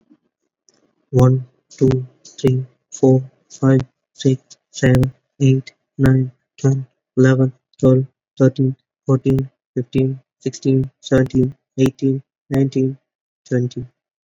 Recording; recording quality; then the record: counting at a normal pace; excellent, no background noise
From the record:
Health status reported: recovered from COVID-19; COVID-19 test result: negative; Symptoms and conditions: none ticked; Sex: male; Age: 24 years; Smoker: not ticked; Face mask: worn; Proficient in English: yes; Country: India